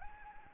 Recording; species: mosquito wingbeat signal from an infrared sensor; Anopheles gambiae